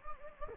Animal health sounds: mosquito wingbeat signal from an infrared sensor; Anopheles gambiae

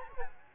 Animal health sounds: mosquito wingbeat signal from an infrared sensor; Culex quinquefasciatus

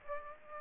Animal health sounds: mosquito wingbeat signal from an infrared sensor; Aedes aegypti

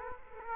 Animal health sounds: mosquito wingbeat signal from an infrared sensor; Culex quinquefasciatus

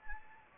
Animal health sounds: mosquito wingbeat signal from an infrared sensor; Anopheles gambiae

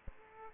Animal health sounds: mosquito wingbeat signal from an infrared sensor; Aedes aegypti

